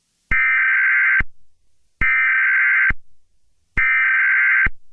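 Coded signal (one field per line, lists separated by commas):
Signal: Emergency Alert System (SAME) tones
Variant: header bursts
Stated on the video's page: Fictional emergency alert scenario, not a real warning.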